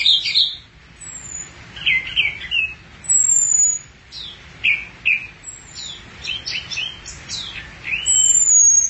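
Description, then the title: Thrush song: varied whistled and slurred phrases, high thin whistles mixed with quick chirping notes, delivered in bursts with brief pauses. "burung anis x"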